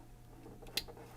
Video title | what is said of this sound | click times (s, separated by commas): xTool S1 Enclosed Diode Laser Cutter: Unboxing, Setup, & Playtest! | satisfying little click that's good | 0.8 s